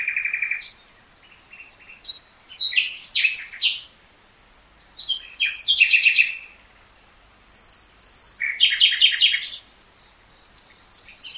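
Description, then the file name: Common nightingale song: a whistled opening note, then varied phrases of rapid chattering trills and a pure sustained whistle, separated by brief silences. "Luscinia megarhynchos"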